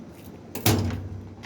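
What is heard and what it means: A flathead screwdriver is pushed toward the back in the slot of a Kenmore washer's plastic lid switch in the top casing. A faint scrape at 0.6 s leads into a sharp snap at 0.7 s as the switch snaps free of its clip and is released from its mount, followed by a small tick near 1.5 s. The washer is not draining water.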